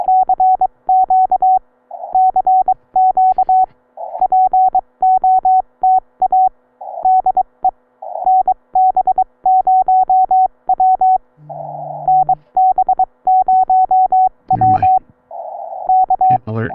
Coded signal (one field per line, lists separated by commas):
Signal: Morse code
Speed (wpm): 22 wpm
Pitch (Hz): 750 Hz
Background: none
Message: CQ CQ POTA DE NB0W NB0W K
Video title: Pt 1: CW POTA Activation from Victoria Springs SRA in central Nebraska. Ham Radio & Morse Code fun!